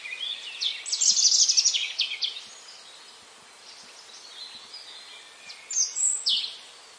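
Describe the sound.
Bird chirps in a loud, rapid series of high sliding notes early on, then quieter twitters, and a couple of sharp downslurred chirps near the end, with hiss.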